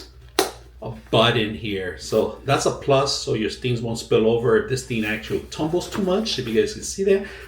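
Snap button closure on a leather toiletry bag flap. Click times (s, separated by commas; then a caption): 0.4 s. A snap button closure on the flap of a small genuine leather toiletry bag is pressed shut, giving a sharp snap at 0.4 s, and the closure seats. Someone talks throughout the rest of the clip.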